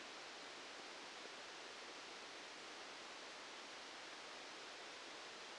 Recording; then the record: brain microelectrode recording played as sound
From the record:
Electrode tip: outside the subthalamic nucleus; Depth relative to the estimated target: -10 mm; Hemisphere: left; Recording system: NeuroSet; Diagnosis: Parkinson's disease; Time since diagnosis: 7 years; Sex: male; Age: 44 years